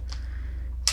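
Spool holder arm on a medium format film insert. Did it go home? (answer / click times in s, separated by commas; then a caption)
yes / 0.9 s. A roll film spool sits in the film insert of a Mamiya 645 medium format film camera, and the small spool holder arm is closed over it. Against a steady low hum and a faint tick near 0.1 s, a sharp, loud snap comes at 0.9 s as the arm locks into place. The spool holder is seated.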